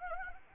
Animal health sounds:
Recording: mosquito wingbeat signal from an infrared sensor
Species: Anopheles arabiensis

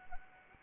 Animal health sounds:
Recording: mosquito wingbeat signal from an infrared sensor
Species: Anopheles arabiensis

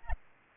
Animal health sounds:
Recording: mosquito wingbeat signal from an infrared sensor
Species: Aedes albopictus

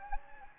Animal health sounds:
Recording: mosquito wingbeat signal from an infrared sensor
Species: Anopheles gambiae

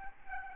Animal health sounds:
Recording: mosquito wingbeat signal from an infrared sensor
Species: Aedes albopictus

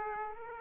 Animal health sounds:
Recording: mosquito wingbeat signal from an infrared sensor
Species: Aedes aegypti

